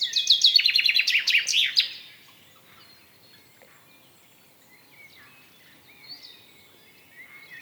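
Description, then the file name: Common chaffinch song: a bright, descending series of rapid notes ending in a flourish, followed by faint whistles of other birds. "Fringilla coelebs"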